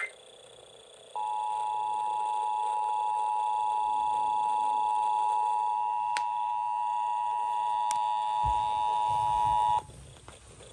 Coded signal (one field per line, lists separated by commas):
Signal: Emergency Alert System (SAME) tones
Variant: 853 and 960 Hz attention tone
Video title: Pacific IPAWS Weekly EAS Test (6/12/23) (EAS #1,330)